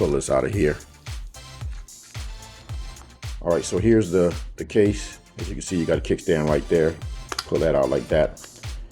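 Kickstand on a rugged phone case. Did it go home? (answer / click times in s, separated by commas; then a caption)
no / none. Someone talks over background music while pulling the plastic kickstand out of a Poetic rugged case for a Galaxy Note 10 Plus, with short handling taps and scrapes along the way. The kickstand is being pulled open, but nothing has snapped or seated into place yet.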